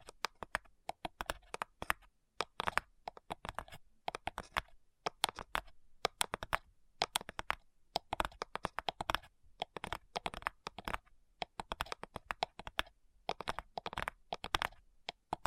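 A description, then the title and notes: Fingertips tap rapidly on hard surfaces in quick, clustered bursts, each click crisp and bright. The rhythm is irregular, flurries broken by brief pauses every second or two. ASMR Addictive Tapping.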